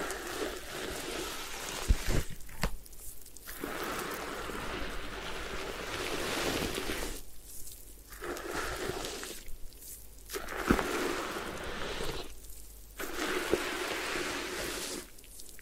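Hair washing and scalp massage: dense, wet rubbing and squishing that stops briefly several times, with occasional soft taps and low thumps.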